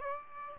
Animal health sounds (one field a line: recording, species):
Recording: mosquito wingbeat signal from an infrared sensor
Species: Aedes aegypti